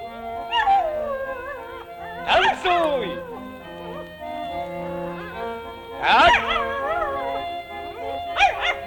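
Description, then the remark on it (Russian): A white poodle howls and whines in wavering, high-pitched bursts that rise and fall, with a few louder yelping flares, while a person speaks briefly over it, telling the dog to dance. “Танцуй, собачка!”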